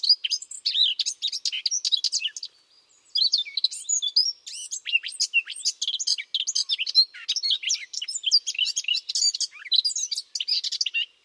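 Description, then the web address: Bird calls: rapid high chirps and twitters in a dense run, a short gap near three seconds, then the same busy chatter resumes until the end. "Bird Only"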